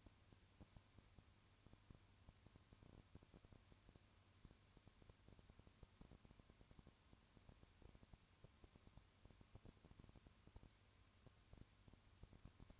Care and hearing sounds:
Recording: daily activity, microphone in the room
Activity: no activity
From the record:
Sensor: 2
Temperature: 20.3 degrees Celsius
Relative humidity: 35.6%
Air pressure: 1000.9 hPa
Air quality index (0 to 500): 196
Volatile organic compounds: 5 ppm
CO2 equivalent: 1729 ppm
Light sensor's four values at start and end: 2/3/2/2 and 2/3/2/2

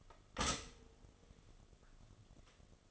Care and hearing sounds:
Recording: daily activity, microphone in the room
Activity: stop toaster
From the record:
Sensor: 4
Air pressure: 1015.5 hPa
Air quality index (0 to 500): 196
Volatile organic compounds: 9 ppm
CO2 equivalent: 2192 ppm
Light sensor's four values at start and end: 4/9/3/3 and 4/9/3/3

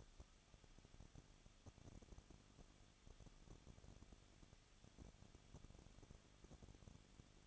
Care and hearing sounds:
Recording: daily activity, microphone in the room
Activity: no activity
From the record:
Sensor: 4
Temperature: 23.0 degrees Celsius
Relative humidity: 34.6%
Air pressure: 1007.2 hPa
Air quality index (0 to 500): 215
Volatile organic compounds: 15 ppm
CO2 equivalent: 2496 ppm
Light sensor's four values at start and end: 2/3/1/1 and 2/3/1/1

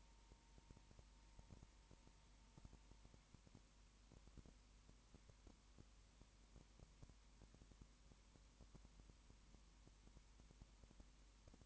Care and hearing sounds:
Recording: daily activity, microphone in the room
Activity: no activity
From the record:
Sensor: 1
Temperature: 19.7 degrees Celsius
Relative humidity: 40.5%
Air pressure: 1010.6 hPa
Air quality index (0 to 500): 209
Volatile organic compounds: 56 ppm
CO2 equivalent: 3372 ppm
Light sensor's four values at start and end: 1/2/1/1 and 1/2/1/1

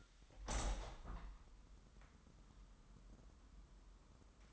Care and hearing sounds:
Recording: daily activity, microphone in the room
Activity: open window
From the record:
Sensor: 3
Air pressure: 998.6 hPa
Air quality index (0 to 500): 156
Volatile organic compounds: 6 ppm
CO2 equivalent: 1880 ppm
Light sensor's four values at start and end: 16/40/17/18 and 17/41/18/19

